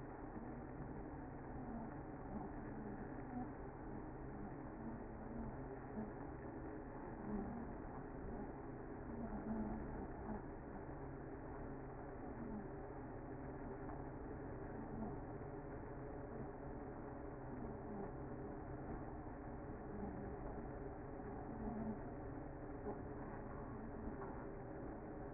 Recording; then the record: honeybee colony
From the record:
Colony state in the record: active